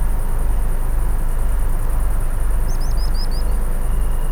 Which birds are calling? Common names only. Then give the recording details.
Common Sandpiper. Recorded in France